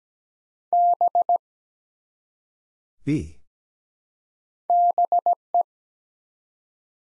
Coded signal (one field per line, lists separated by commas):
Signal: Morse code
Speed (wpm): 17 wpm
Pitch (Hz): 700 Hz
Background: none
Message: B BE